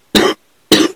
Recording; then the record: coughing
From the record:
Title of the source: 60 coughing still (deep and wet cough)